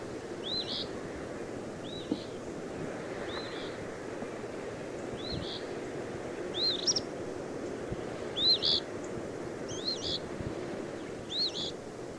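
Eastern phoebe giving a run of soft, short two-part phrases against a broad, rushing background noise.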